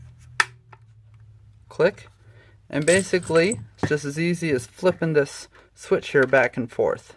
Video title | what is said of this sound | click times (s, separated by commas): Maglula Pistol & Rifle Loaders Review! | hear it click in click | 0.4 s